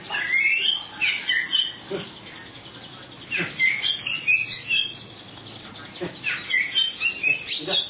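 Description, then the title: Oriental magpie-robin song: repeated bursts of rich, chattering and whistled phrases separated by short pauses, over a background hiss. "Kacer"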